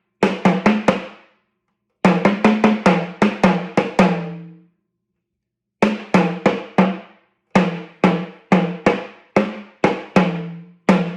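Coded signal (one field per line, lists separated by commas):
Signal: talking drum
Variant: Yoruba, sakara drum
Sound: phrases of quick low drum strokes with shifting pitch, separated by short pauses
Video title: Ifa ni o pa ẹni to fi oju ekurọ wo Ọrunmila - by Jammal.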